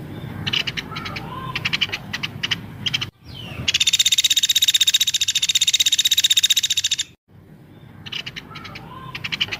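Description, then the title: Streaked spiderhunter song: scattered chirps, then a sustained rapid rattle of harsh clipped notes for about three seconds, followed by more chirping. Song described as vigorous, clear and long; recording used as a tutor track for training cage birds. "Pijantung Gunung Gacor Jernih Panjang"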